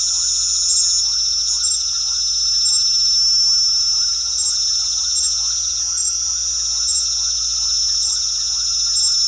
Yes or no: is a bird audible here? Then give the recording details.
no. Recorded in pastures near Puerto Asís, Putumayo, Colombia, on 4 March 2025 at 20:00. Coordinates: 0.497, -76.327. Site G072